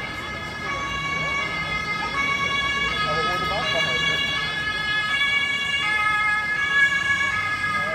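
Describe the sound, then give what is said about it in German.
A passing police car's siren wails continuously with steady, stacked high tones, loud over a constant rumble of road traffic, the pitch wavering slightly as the vehicle passes. “Wir warten kurz noch den Krankenwagen ab. Hier ist Polizei. Da klingt nämlich Polizei.”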